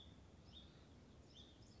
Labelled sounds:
Hutton's Vireo
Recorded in Sonoma County, California

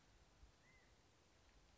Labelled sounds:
California Quail
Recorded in Sonoma County, California

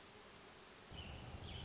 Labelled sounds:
Hermit Thrush
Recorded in Sonoma County, California

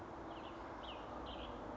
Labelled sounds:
Cassin's Vireo
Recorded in Sonoma County, California

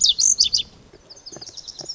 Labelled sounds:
Lazuli Bunting
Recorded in Sonoma County, California

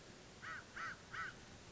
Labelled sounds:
American Crow
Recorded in Sonoma County, California

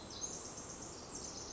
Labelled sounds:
Pacific Wren
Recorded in Sonoma County, California

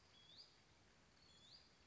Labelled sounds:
Hutton's Vireo
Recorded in Sonoma County, California

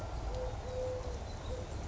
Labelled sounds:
Eurasian Collared Dove
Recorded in Sonoma County, California

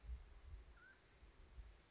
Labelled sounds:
Mountain Quail
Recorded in Sonoma County, California

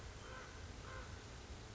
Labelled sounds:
Common Raven
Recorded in Sonoma County, California

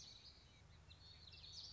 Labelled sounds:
Common Yellowthroat
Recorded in Sonoma County, California

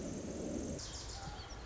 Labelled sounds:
Pacific Wren
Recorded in Sonoma County, California

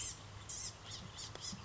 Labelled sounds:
Blue-gray Gnatcatcher
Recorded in Sonoma County, California

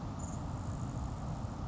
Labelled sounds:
Grasshopper Sparrow
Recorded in Sonoma County, California

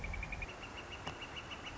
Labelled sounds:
Northern Flicker
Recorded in Sonoma County, California

